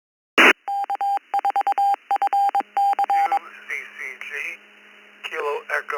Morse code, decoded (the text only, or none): K4FC